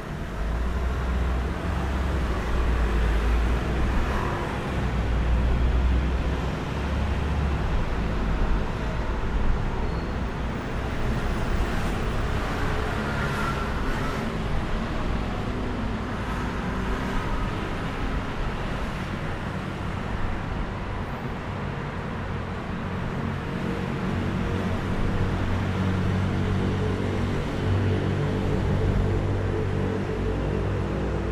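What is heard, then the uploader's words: Traffic on a flyover in Taipei, Taiwan, rolls on as a thick, steady roar of passing cars with no breaks. Low engine rumble sits underneath throughout, and brighter tire hiss swells slightly as vehicles pass, strongest around the middle of the recording. On the flyover sound in Taipei, Taiwan.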